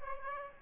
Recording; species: mosquito wingbeat signal from an infrared sensor; Aedes aegypti